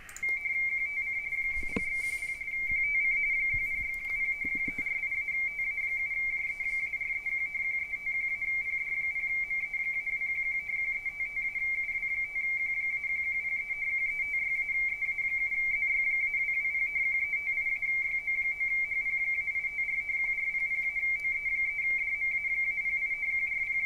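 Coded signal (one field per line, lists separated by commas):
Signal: RTTY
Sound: steady warbling two-tone teletype chatter, rapid alternation between two close pitches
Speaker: we simply press this button that says send all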